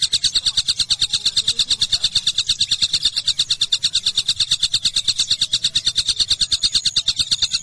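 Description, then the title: Java sparrow giving a rapid, very even series of bright high chirps, continuing without pause, with a faint low hum behind. "kicau gelatik"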